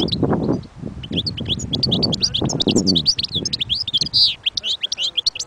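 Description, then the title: European goldfinch song: rapid chirping twitter with a buzzy note partway through, low rumbling sounds at the start. Wild bird. "اجمل غناءالحسون الخلويchant chardonneret sauvage collection"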